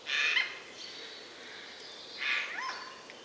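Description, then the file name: Eurasian jay uttering two hoarse, grating screeches about two seconds apart, with faint softer sounds between them against background hiss. "Garrulus glandarius"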